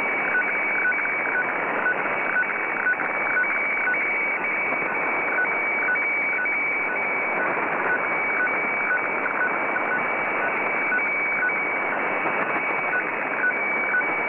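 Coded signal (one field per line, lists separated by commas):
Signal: weather fax (radiofax)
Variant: 120 lines per minute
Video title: JFW Fukushima Prefecture Fisheries Radio (Japan) (tentative) - 6414.5 kHz (FAX)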